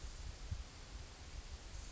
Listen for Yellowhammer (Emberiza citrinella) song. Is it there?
no